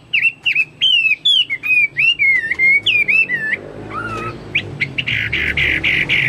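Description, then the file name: Chinese hwamei song: fast whistled notes, each swooping up and down, giving way to harsh, noisy chattering notes at the close. "omkicau hwamei"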